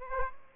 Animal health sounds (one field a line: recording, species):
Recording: mosquito wingbeat signal from an infrared sensor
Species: Aedes aegypti